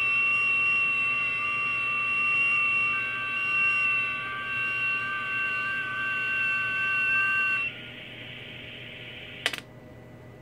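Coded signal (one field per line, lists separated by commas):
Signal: FT8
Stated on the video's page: FT8 contacts made on a transceiver on the 80m, 40m, 30m and 20m bands.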